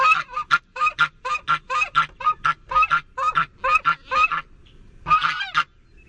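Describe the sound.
Goose giving a steady series of loud nasal honks, roughly two per second, a brief gap, then a final rough drawn-out honk.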